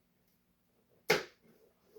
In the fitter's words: they just snap into place